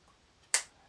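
The orbital action selector lever on the side of a Milwaukee M18 BJS 0 18V cordless jigsaw is moved between orbital settings to adjust the depth of the orbital action on the blade. Against a quiet background, a single sharp, bright click sounds at 0.5 s and decays quickly as the lever snaps positively into its detent position.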